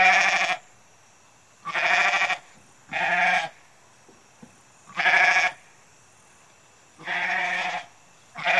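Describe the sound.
Goat bleating, six harsh, nasal bleats of under a second each, the first and last cut off, spaced unevenly throughout, with a steady faint high-pitched hum in the background.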